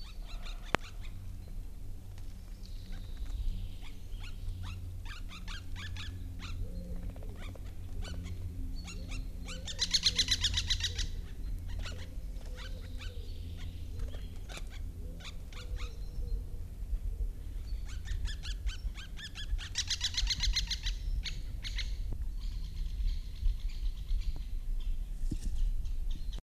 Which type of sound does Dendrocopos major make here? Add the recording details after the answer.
call. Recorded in the wild. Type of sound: call. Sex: female. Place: Neustadt am Rübenberge, Mecklenburg-Vorpommern, DE. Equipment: Halbspur, 9,5 cm/s. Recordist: Lütgens, Hans. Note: Jagendes Weibchen